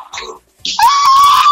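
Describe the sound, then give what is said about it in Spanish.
After a short lull, an audience breaks into loud, sustained screaming when urged to scream, with one high shrill voice rising above the roar and holding until the end. “¿Quién se anima a gritar?”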